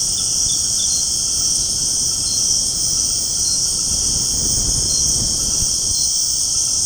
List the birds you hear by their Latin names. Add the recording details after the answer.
none. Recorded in secondary vegetation near Puerto Asís, Putumayo, Colombia, on 20 February 2024 at 20:00. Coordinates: 0.489, -76.322. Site G6419